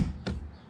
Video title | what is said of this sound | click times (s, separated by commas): Nissan 300ZX - Convertible - How to operate the top, aka open and close | you hear that that was a click you go to that to the other side of the car | 0.3 s